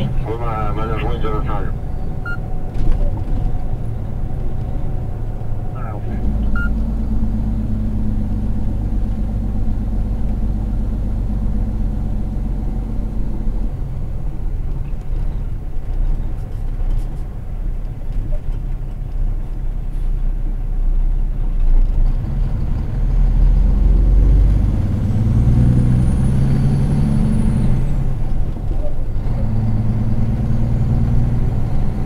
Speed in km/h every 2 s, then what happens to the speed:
47, 46, 45, 41, 39, 39, 35, 28, 22, 14, 17, 24, 34, 43, 44, 48.
0-19 slows to 14. 19-32 speeds up to 48.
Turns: none.